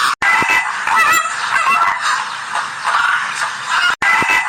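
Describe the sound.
Bird calls, loud nasal honking from several birds at once, the sound cutting out abruptly twice, at the start and near the end.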